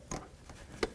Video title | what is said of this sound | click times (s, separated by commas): How to Replace Front Lower Ball Joint 2007-2017 Ford Expedition | Listen for a click, and | 0.8 s